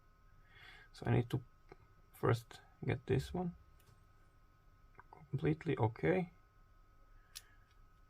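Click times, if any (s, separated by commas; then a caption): 7.4 s. Someone talks while working a combination lock dial past a false gate, with faint clicks between the words. At 7.4 seconds the metal shackle of the padlock releases from the lock body with a sharp click, and the lock is open.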